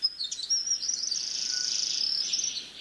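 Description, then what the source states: Forest Double-collared Sunbird song: a rapid, high, jumbled twittering of thin chirps and trills running on without pause. Sunbirds on isolated mountaintops (sky islands) in eastern Africa; two populations separated for at least 500,000 years still sing nearly identical songs.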